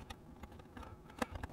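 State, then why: Seated. An SSD drive tray is snapped into the chassis of a Lenovo m93p Tiny mini desktop PC after being lifted into position, one side and then the other. Several faint plastic ticks come before a sharp, loud click at 1.2 s, followed by two softer clicks. The tray is seated and locked in place.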